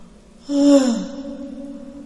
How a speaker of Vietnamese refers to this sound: "Chị đi ngủ chưa?" Chị Bảy ngáp: